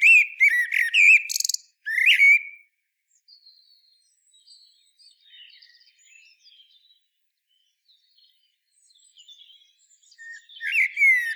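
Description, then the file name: Common blackbird opens with loud, fluty warbled phrases and squeaks, then fainter scattered twitters, before another loud phrase at the end. "Turdus merula"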